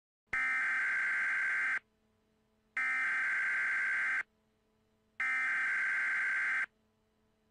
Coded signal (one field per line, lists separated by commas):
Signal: Emergency Alert System (SAME) tones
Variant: header bursts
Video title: EAS Scenario #2 Global Hurricane